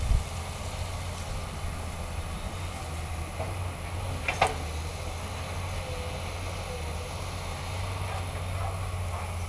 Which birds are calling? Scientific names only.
none